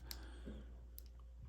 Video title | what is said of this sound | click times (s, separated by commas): BEAST DEITIES SSJ 5 GOKU - KONG 27 - SUPER SAIYAN 5 GOKU - ANHUR - UNBOXING - REVIEW #goku | pushes on I don't hear a click or anything | none